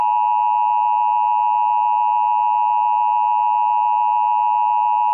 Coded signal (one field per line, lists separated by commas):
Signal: Emergency Alert System (SAME) tones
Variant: 853 and 960 Hz attention tone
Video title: EAS MOCK:2011 NATIONAL TEST 14 YEARS LATER